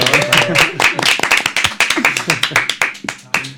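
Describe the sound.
A small group applauds for several seconds, a dense patter of sharp claps, while voices murmur and call out underneath.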